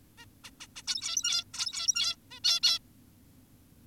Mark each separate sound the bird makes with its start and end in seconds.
0.18-0.26, 0.44-0.50, 0.60-0.67, 0.76-0.82, 0.87-1.44, 1.54-2.16, 2.31-2.40, 2.44-2.60, 2.63-2.79